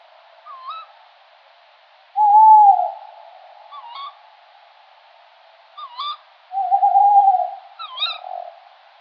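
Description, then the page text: Tawny owl hooting: two drawn-out low hoots, the second wavering, with several higher, wiggly rising calls before, between and after them. Adult male giving territorial advertising call in response to playback, 18 September 2004, 10 p.m., from a mixed copse of pines, oaks, ashes and cypresses by an artificial lake, 70 m altitude. "Strix aluco - Tawny owl - Allocco. 18/september/2004 (10 p.m.). one bird calls from an artificial mixed copse (pines, oaks, ashes, cypresses) near the banks of the lake. Perotto Lake"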